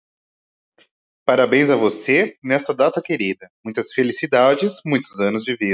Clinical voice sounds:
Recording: short text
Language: Brazilian Portuguese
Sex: male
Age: 20 to 29 years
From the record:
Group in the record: control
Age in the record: 28 years

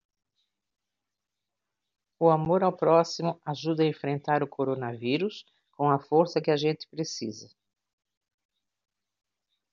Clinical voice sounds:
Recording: spoken sentence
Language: Brazilian Portuguese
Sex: female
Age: 50 to 59 years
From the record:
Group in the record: control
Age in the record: 59 years

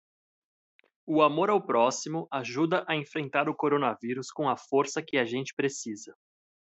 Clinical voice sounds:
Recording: spoken sentence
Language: Brazilian Portuguese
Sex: male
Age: 30 to 39 years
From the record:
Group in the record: control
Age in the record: 32 years

